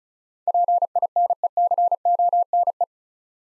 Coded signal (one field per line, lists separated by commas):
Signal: Morse code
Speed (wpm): 34 wpm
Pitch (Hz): 700 Hz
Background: none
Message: PINECONE